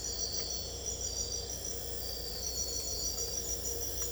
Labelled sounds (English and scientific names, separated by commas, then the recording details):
none
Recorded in secondary vegetation near Puerto Asís, Putumayo, Colombia, on 22 December 2024 at 04:00
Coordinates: 0.488, -76.319
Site GP04